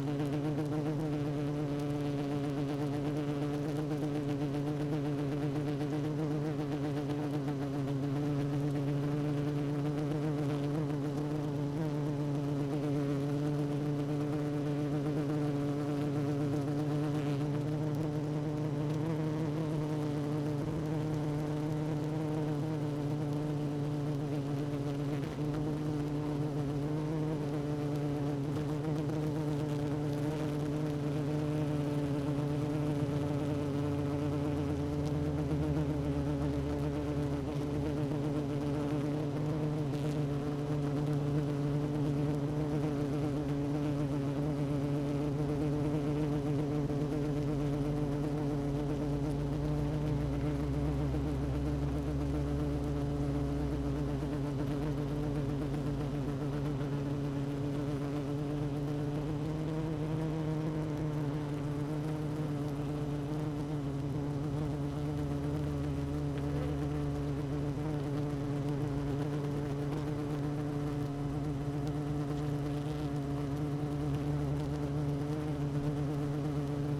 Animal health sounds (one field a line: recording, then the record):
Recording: honeybee colony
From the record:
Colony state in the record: active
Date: 12 June 2018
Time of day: 16:25